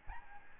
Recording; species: mosquito wingbeat signal from an infrared sensor; Aedes albopictus